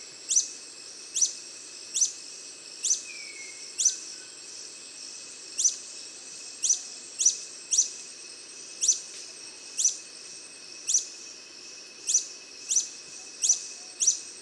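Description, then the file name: Long-billed hermit giving a string of high, clipped squeaks, roughly one per second, over a quiet background. "Golosa ptic - Dlinnoklyuvyj solnechnyj kolibri Phaethornis longirostris"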